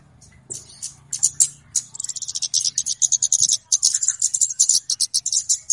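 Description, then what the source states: Flowerpecker calls: high, rapid ticks that build into a steady rattling series, with a low background hum at the start. Clear calls used as a lure for catching birds; Indonesian names kemade and cabe-cabean.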